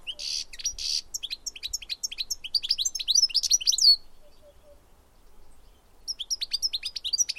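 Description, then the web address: Bird calls: rapid high chirps and buzzy notes tumbling in a dense run, a short quiet gap, then the quick chirping starts again. "Deverinetal"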